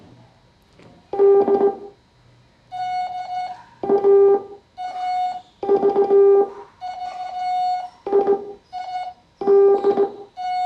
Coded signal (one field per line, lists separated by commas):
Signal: Morse code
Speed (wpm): 17 wpm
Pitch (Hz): 400 Hz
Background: music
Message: D A V I D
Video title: Morse Code Intermediate Class 2